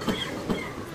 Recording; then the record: coughing mixed with background sound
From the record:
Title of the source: Spring Allergy Coughing